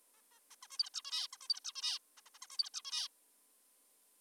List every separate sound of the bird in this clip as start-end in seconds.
0.14-0.22, 0.31-0.40, 0.51-0.56, 0.63-0.68, 0.71-0.78, 0.79-0.90, 0.94-1.02, 1.05-1.28, 1.33-1.37, 1.41-1.48, 1.49-1.60, 1.65-1.72, 1.76-1.99, 2.18-2.21, 2.26-2.30, 2.35-2.38, 2.42-2.47, 2.51-2.58, 2.59-2.70, 2.74-2.82, 2.85-3.08